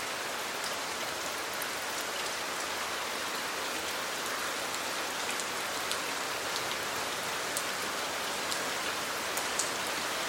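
Steady, dense rain hisses evenly throughout, with faint scattered drop ticks and brief brighter splashes near the end, unchanging.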